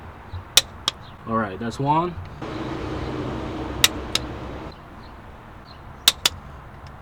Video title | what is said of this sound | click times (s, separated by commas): My First Time Changing Spark Plugs... GONE WRONG?! | go until it clicks right | 0.6 s, 0.9 s